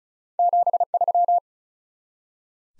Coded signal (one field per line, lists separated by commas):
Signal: Morse code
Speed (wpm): 36 wpm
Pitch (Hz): 700 Hz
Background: none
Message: 73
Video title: Top 20 QSO Elements 35wpm